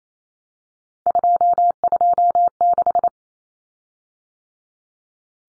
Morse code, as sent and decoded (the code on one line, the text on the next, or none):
..--- ..--- -....
226